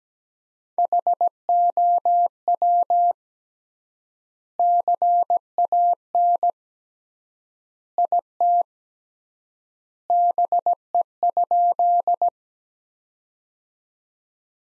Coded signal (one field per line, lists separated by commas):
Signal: Morse code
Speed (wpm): 17 wpm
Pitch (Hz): 700 Hz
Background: none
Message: HOW CAN IT BE?